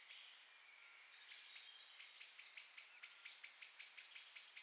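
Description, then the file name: Common blackbird calls: a few scattered notes, then a steady, rapid run of sharp clicking chack notes. "Turdus merula"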